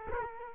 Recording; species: mosquito wingbeat signal from an infrared sensor; Culex quinquefasciatus